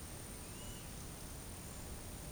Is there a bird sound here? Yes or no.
yes